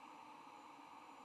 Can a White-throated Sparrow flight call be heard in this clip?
no